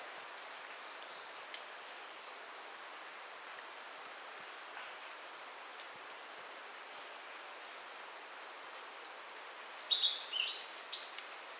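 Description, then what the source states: Choco Vireo song: a burst of high, thin, rapidly jumbled notes near the end, after a few faint high notes near the start. Recorded in Ecuador.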